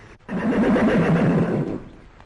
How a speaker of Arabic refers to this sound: خيل إلي أني سمعت صوت حصان يصهل. حصان يصل، إنها أوهامي أحلامي. وإلا فكيف يأتي الحصان وليس هنا أي إنسان؟ يا ربي، إنه حصان، حصان